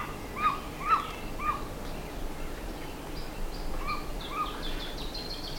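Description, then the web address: Bird calls: a few short mid-pitched notes about half a second apart, then fainter higher chirps later, over steady background hiss. "BIRD 2015 SABIOD 50 bird 2015"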